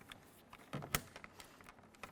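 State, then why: Seated. On a 1998-2011 Ford Ranger front interior door, the second plastic wiring connector, oriented correctly, is pressed into the door switch. Faint ticks and taps lead up to a sharp, bright click at 0.9 s (0.95 s), the loudest sound in the clip. The connector is seated.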